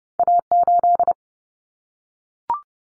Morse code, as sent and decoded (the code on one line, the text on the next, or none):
.- ---..
A8